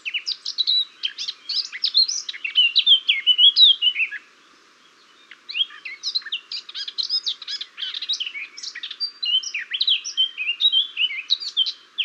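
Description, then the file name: Eurasian blackcap song in two bursts of quick, varied warbling, with scratchy chatter mixed with clear whistles and a pause of about a second between them. "Sylvia atricapilla"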